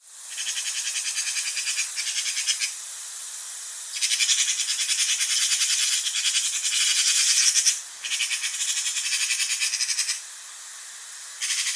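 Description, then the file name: Eurasian magpie chatter: long stretches of grating, machine-gun-like rattles, broken by short gaps, with the harsh notes repeating several times per second. "pega pica pica"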